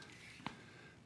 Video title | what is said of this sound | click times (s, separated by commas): HSN - Teeter Inversion Fitness Solution 09.09.2016 - 07 PM | THIS SNAPS INTO PLACE JUST LIKE YOU SEE | 0.5 s